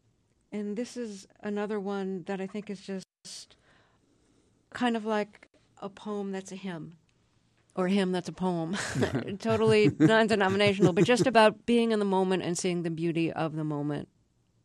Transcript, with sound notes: And this is another one that I think is just kind of like a poem that's a hymn - or a hymn that's a poem.
(LAUGHTER)
Totally non-denominational, but just about being in the moment and seeing the beauty of the moment.